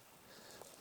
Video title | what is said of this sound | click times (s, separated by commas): Lone Rider ADVBags 45L – värda hypen? #Lonerider #motorcycleluggage | fram eller frontpanelen också samma sak med den. Du klickar i den | 0.6 s